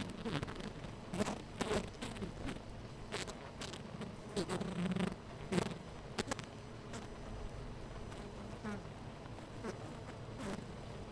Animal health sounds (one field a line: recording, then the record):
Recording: honeybee colony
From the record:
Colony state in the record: missing queen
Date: 14 July 2017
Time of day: 9:44